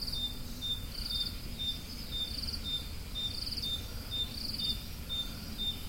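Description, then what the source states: Crickets calling: quick high chirps repeating about twice a second alongside periodic buzzy pulsed bursts, with a soft low hum underneath. Crickets, more than one, recorded at Roodekopjes.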